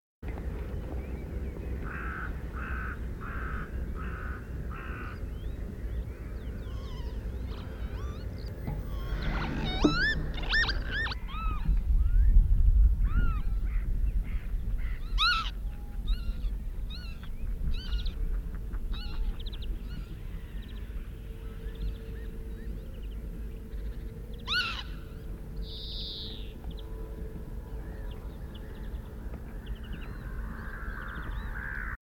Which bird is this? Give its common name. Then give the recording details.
Northern Lapwing. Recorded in the wild. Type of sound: call. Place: Bergen, Insel Rügen, Mecklenburg-Vorpommern, DE. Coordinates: 54.415, 13.426. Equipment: Nagra III BH, Sennheiser MD 21, parabola. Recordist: Schubert, Michael. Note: Kiebitz-Paar über d. Jungen, "Warnflüge", gutes Fluggeräusch, s. Bd. 60